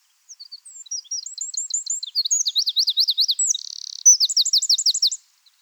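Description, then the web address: Eurasian wren delivering a vigorous high song of rapid sweeping trills, interrupted by a short buzz, ending with a quick bright trill; background silent. "SETE Troglodytes troglodytes"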